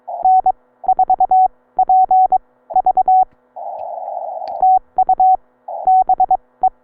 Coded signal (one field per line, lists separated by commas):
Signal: Morse code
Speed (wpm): 22 wpm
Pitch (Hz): 750 Hz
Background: none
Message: N4PV TU BE